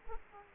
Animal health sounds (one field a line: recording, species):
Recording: mosquito wingbeat signal from an infrared sensor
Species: Culex quinquefasciatus